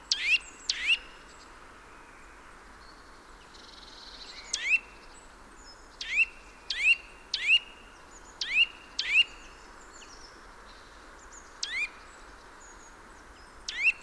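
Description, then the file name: Eurasian nuthatch calls, sharp rising high notes given singly and in short irregular runs, spaced by pauses, over a faint steady background hiss. "Sitta europaea"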